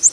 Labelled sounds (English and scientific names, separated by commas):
Prothonotary Warbler (Protonotaria citrea) flight call